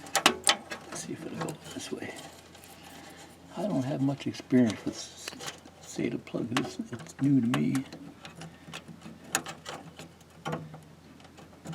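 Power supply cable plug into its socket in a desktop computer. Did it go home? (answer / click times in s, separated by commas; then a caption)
no / none. A power supply cable plug is pushed toward its socket in a desktop computer, producing sharp plastic clicks and scrapes near the start and again around 8 to 10 seconds while someone talks. The plug does not go on, and nothing has seated or clicked into place yet.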